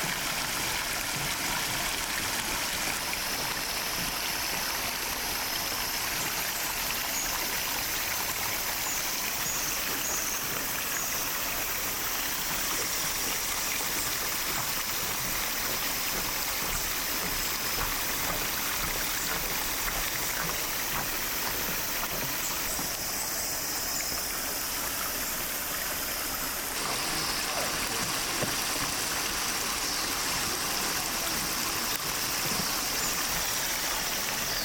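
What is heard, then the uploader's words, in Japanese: Spring water gushes steadily in a dense, unbroken rush with bright splashing, while faint bird chirps come through now and then. 水源にて湧き続ける水の音 – The sound of spring water。緑に囲まれた河のほとりで撮りました。湧きつづける水の音と 小鳥のさえずり。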